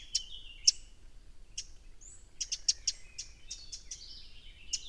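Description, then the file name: Eurasian wren calling with scattered, dry, clicking notes and a short quick cluster midway, with faint thin tonal bird sounds in the background. "Troglodytes troglodytes"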